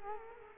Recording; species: mosquito wingbeat signal from an infrared sensor; Culex quinquefasciatus